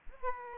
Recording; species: mosquito wingbeat signal from an infrared sensor; Aedes aegypti